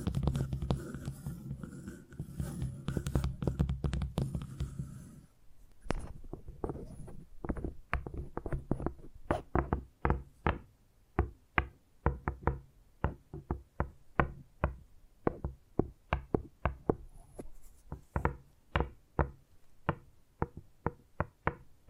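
Tingly tapping sounds: a dense, muffled rumbling patter for five seconds, then crisp, sharp taps in quick, uneven bursts to the end.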